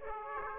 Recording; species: mosquito wingbeat signal from an infrared sensor; Aedes aegypti